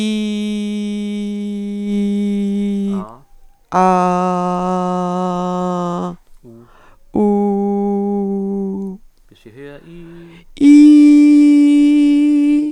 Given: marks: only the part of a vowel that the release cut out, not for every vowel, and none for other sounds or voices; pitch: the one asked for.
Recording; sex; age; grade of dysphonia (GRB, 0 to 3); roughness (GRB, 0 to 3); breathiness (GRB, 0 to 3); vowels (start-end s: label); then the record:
sustained vowels; female; 60 to 69 years; 2; 0; 0
0.00-1.25 s: vowel /i/, normal pitch
3.97-5.90 s: vowel /a/, normal pitch
7.27-8.73 s: vowel /u/, normal pitch
10.90-12.47 s: vowel /i/, high pitch
From the record:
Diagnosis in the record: presbyphonia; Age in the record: 69 years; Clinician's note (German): Leichte subglottische Einengung